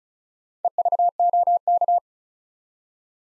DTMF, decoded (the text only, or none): none